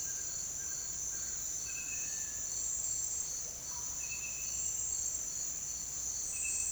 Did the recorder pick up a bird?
yes